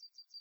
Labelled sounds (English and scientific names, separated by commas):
Yellowhammer (Emberiza citrinella) song